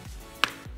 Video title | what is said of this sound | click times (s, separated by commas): AT4.0 Remove and Install The Comfort Liner - How To | until you hear that audible click | 0.4 s